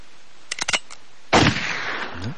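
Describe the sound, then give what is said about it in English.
A rapid burst of sharp clicks, then a single loud gunshot sound effect blast that rings out and fades into a long rumbling tail. No voices are heard. “That would be a thank you, Jesus, and a gunshot.”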